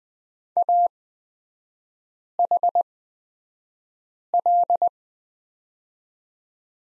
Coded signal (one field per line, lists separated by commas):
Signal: Morse code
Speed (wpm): 20 wpm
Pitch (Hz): 700 Hz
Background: none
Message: AHL